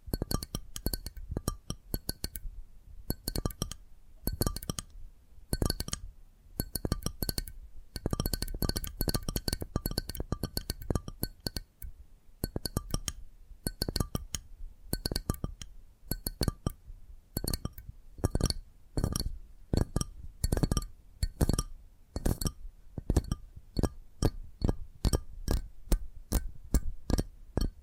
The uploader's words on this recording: ASMR 10 Addictive Tapping Triggers. (No Talking).